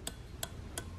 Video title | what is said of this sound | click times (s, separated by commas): DIY Main Bearing / Rod Bearing / PTW Clearances - How to | and you basically want to turn it until you'll hear three clicks | 0.1 s, 0.4 s, 0.8 s